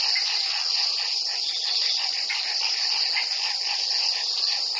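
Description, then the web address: Insect chorus: a continuous shrill drone of overlapping trills, steady in level. In a swamp. "Partners In Rhyme frogs insects swamp"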